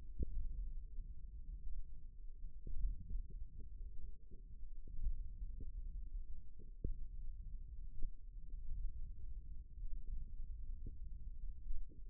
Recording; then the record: forearm muscle sounds (acoustic myography)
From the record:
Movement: thumb flexion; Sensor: system 1, eight BSWA MPA416 microphones around the upper forearm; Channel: 8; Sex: male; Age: 54 years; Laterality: right